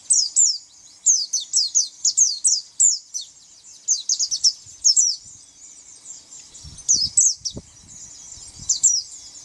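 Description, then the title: White-eye giving clustered high chirping phrases separated by brief gaps, thinning toward the end, with some low thuds. "Pleci"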